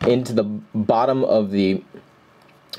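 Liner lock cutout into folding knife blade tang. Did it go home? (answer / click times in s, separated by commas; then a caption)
yes / 2.7 s. Someone talks as a Spyderco Paramilitary 2 folding knife with carbon fiber scales is opened. At 2.7 s, a short, sharp click sounds as the compression lock in the liner cutout snaps into the notch at the bottom of the blade tang. The lock seats and, together with the stop pin, keeps the blade from moving.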